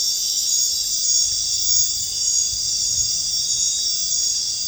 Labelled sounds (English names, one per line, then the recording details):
none
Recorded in dense forest near Puerto Asís, Putumayo, Colombia, on 19 March 2025 at 21:30
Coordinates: 0.484, -76.317
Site G064